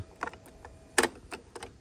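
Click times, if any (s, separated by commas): 1.0 s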